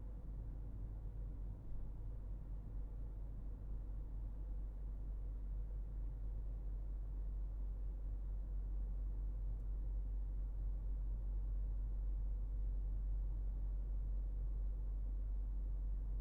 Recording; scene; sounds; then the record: everyday scene through a hearing-aid microphone; in a vehicle; engine, highway driving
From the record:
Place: Berlingo II, diesel engine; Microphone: behind the ear, right, rear